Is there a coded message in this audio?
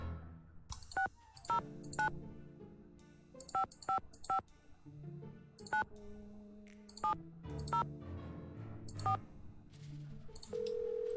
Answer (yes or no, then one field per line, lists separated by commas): yes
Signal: DTMF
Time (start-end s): 1.0-9.2 s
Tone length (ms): 110 ms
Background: music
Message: 609 555 9704